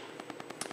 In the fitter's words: got good positive click. It's easy to get in and easy to get out.